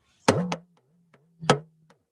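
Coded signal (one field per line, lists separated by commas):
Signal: talking drum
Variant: Yoruba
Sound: three deep drum strokes with a resonant low pitch that bends down and up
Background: small room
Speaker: So they sing with a drum and it talks. So I'll let them basically do it so you know what I mean.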